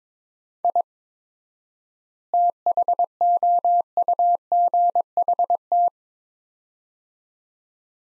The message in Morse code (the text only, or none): I THOUGHT